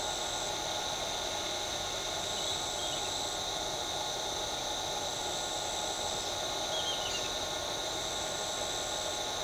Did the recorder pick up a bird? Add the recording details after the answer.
no. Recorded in shrubland near Pivijay, Magdalena, Colombia, on 13 April 2023 at 07:00. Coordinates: 10.453, -74.365. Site P5-G022